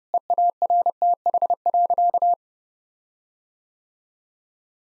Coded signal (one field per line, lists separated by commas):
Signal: Morse code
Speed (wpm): 30 wpm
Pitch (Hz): 700 Hz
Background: none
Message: EARTH.